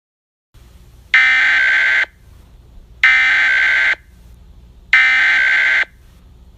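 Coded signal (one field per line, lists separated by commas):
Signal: Emergency Alert System (SAME) tones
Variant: header bursts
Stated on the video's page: Fictional EAS scenario using valid EAS tones.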